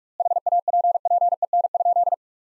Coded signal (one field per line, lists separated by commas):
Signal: Morse code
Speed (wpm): 46 wpm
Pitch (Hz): 700 Hz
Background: none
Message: HAPPEN?